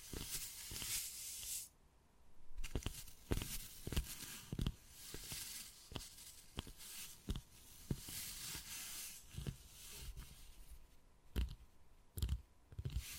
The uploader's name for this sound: Wood Carving, Tapping and Scratching Sounds